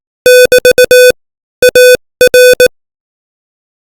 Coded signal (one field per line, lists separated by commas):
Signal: Morse code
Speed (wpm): 18 wpm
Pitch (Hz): 500 Hz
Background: none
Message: <BT> AR